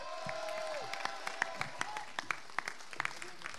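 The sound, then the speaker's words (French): Audience applause for the candidates, a steady wash of clapping with sharp individual claps popping out irregularly, mixed with voices and a brief sustained tone near the start. “On applaudit très fort les candidats surtout.”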